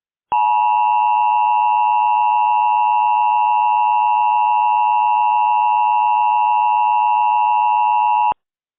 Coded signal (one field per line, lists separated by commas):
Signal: Emergency Alert System (SAME) tones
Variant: 853 and 960 Hz attention tone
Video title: [RARE] EAS Blue Alerts For All Of Texas!